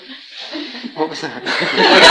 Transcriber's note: laughter